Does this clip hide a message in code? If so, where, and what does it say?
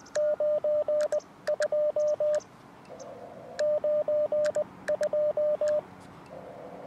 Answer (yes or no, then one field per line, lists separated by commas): yes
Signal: Morse code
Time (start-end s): 0.2-5.8 s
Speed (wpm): 19 wpm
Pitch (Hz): 600 Hz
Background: radio noise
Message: 9 2 9 2